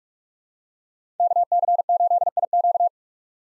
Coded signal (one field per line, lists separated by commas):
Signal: Morse code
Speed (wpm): 42 wpm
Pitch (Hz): 700 Hz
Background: none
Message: KC8IQ